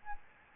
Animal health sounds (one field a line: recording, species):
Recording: mosquito wingbeat signal from an infrared sensor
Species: Aedes albopictus